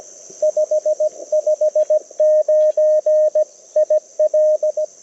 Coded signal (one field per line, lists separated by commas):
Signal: Morse code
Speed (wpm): 20 wpm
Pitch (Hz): 590 Hz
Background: none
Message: 559 IL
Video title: Field Ops Friday - CW POTA Activation 07/21/2023 @ K-3684